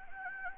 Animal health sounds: mosquito wingbeat signal from an infrared sensor; Anopheles gambiae

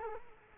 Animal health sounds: mosquito wingbeat signal from an infrared sensor; Culex quinquefasciatus

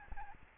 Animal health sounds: mosquito wingbeat signal from an infrared sensor; Aedes albopictus

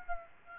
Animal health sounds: mosquito wingbeat signal from an infrared sensor; Aedes aegypti

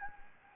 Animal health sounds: mosquito wingbeat signal from an infrared sensor; Anopheles gambiae

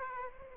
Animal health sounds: mosquito wingbeat signal from an infrared sensor; Aedes aegypti

